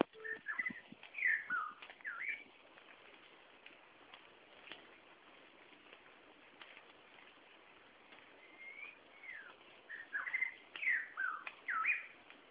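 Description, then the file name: Shama song, rich varied whistled phrases with slurred rising and falling notes, in bursts separated by a long quiet pause midway. "Shama Javadi"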